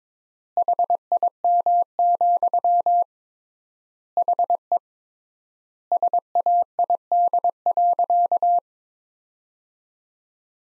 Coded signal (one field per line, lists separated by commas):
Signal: Morse code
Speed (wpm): 22 wpm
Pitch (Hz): 700 Hz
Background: none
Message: HIM, HE SAID.